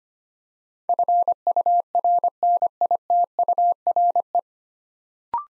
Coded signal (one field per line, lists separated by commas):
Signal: Morse code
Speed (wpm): 25 wpm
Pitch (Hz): 700 Hz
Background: none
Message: FURNITURE